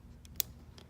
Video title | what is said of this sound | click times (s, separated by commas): Iphone 7 plus screen disassmenly and replace new screen | put in the right position and in the snap down you hear click OK | 0.4 s